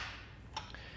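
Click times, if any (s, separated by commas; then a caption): 0.6 s, 0.7 s. A metal Saris MHS DUO hitch-mounted bike rack for 2 bikes on a 2022 Jeep Grand Cherokee L is lifted from its tilted-down position back to upright into its hitch-mount pivot latch. Over a steady low background hum, a sharp metallic click sounds at 0.6 s and a second, softer click follows at 0.7 s. The tilt latch snaps into place and locks the rack upright.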